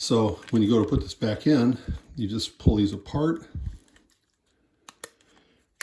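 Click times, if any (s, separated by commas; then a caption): 5.8 s. Someone talks while pulling apart the holders of a Tecknet M002 mouse to refit its plastic scroll wheel. Faint ticks follow, then the wheel is pressed into the mouse housing and snaps into place with a sharp click at 5.8 s.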